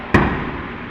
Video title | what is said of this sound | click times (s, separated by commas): LEXUS ES300h Hybrid Battery Replacement - Complete Walkthrough | You can hear the snap. That's what we want to hear. | 0.1 s